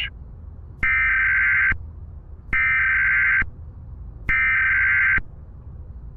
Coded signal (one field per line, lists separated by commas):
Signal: Emergency Alert System (SAME) tones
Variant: header bursts